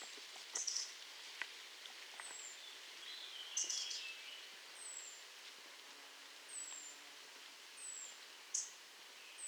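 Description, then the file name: European robin giving thin, high, downslurred whistles every couple of seconds, interspersed with short sharp ticking bursts over steady outdoor hiss. "Erithacus rubecula"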